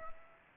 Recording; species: mosquito wingbeat signal from an infrared sensor; Aedes aegypti